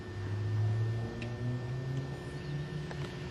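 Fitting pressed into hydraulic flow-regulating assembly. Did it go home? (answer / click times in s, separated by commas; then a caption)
no / none. A fitting is pushed into a hydraulic oil-flow regulating assembly over a steady low hum with a few faint knocks near 1.2, 2.0 and 2.9 seconds. The fitting has not clicked home or seated yet.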